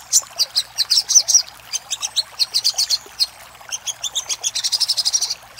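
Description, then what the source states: Little spiderhunter giving high, sharp repeated chips in short bursts, ending in a fast run of notes. Master recording used for training cage birds.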